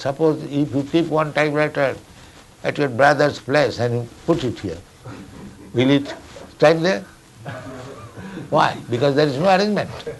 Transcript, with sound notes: Suppose if you keep one typewriter at your brother's place and you put it here, will it strike there? [laughter] Why? Because there is no arrangement.